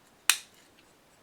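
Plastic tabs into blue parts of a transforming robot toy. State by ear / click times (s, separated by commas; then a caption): seated / 0.3 s. Two plastic tabs on a transforming robot toy figure are pushed into two blue plastic parts and seat with one sharp, bright click at 0.3 s. The click fades over about a fifth of a second, followed by a very faint tick near 0.8 s.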